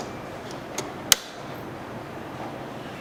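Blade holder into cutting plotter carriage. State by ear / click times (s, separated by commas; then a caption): seated / 1.1 s. A cutting blade holder is pushed into the tool carriage of a Cameo 3 cutting plotter. A faint tick at 0.8 s is followed by a sharp, bright click at 1.1 s, then low steady background noise. The click confirms the blade holder has seated in place.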